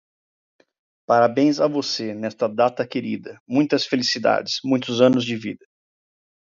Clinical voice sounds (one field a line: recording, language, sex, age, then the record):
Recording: short text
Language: Brazilian Portuguese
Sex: male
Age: 30 to 39 years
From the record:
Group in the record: control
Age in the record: 33 years